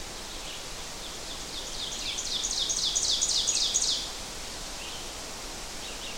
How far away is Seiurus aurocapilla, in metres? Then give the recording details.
about 30 m. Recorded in boreal forest in Alberta, Canada, on 12 June 2016 at 06:04. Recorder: SongMeter 3, array SBT-3-18. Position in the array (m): 230 m, 88 m. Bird 31